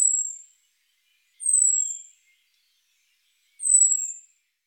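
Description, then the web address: Eurasian blackbird giving thin, very high drawn-out seee notes that fall slightly, three in all, separated by pauses. "IVN Zangvogels. Merel"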